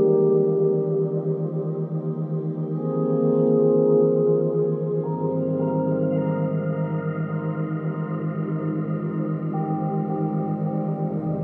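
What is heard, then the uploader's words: Binaural beat tones hum under a soft ambient drone, a low steady pulse throbbing quickly and evenly throughout. Sustained bell-like tones ring above, with a deeper layer entering around five seconds and a brighter note joining later, the sound staying dense and mellow. Theta State Binaural Beats - Relaxing Ambient Music with Theta Waves.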